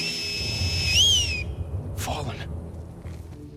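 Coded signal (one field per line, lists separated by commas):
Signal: whistle signal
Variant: Seraphite Man Down whistle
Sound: a steady high whistle that swoops up then glides down, followed by a brief rustle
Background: low background rumble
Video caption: When Scars are spread out over a large area, other Scars will carry the whistle so that everyone in the group is made aware. (the Man Down whistle is then repeated by another Seraphite)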